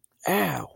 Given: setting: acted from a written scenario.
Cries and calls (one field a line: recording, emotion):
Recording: vocal sound without words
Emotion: pain